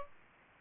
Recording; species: mosquito wingbeat signal from an infrared sensor; Aedes aegypti